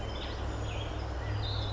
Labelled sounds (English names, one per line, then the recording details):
California Quail
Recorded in Sonoma County, California